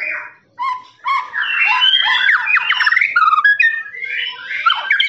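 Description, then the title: Lovebird song: a few brief squeaks, then a dense, prolonged chatter of harsh squawking and squeaky notes. Long "ngekek" song, used for training birds. "FULL DURASI MASTERAN LOVEBIRD NGEKEK PANJANG"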